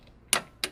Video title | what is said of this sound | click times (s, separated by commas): Ford Shelby GT350 Oil Change DIY + Draining Oil Catch Can / Separator | Alright, there's a click. You heard that? | 0.3 s